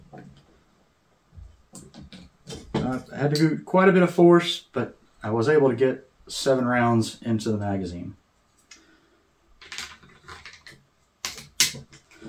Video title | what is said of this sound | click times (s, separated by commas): Savage Stance 9mm: Everything You Need to Know (Complete Review!) | you'll push the clip back into the face of the gun until you feel it click | 11.6 s